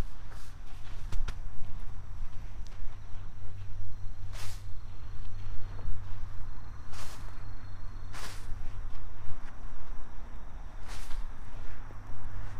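Autumn evening garlic planting: holes are dug and soil is scraped over, with soft scuffs and taps throughout and sharp swishing strikes around 4.5, 7, 8 and 11 seconds. A steady low hum runs underneath, with faint bird and insect calls.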